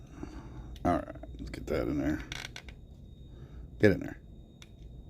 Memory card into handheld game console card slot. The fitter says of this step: Don't you click into place, you worthless piece of shit. There it is.